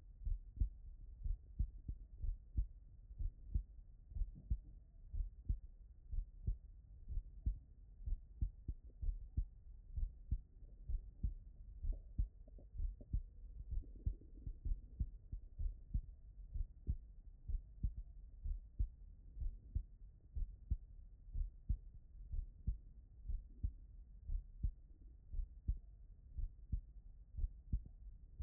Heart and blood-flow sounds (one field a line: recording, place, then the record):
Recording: heart sounds by stethoscope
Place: tricuspid valve (TV)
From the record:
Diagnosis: non-HFrEF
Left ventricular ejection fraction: 57%